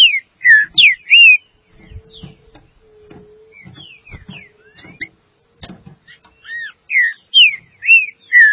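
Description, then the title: Green-winged saltator whistles slurred notes at the start and end, with a softer stretch of notes and repeated clicking and tapping between. "Trinca Ferro"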